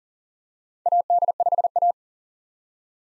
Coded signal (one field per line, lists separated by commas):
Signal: Morse code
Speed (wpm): 40 wpm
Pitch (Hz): 700 Hz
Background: none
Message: AD5A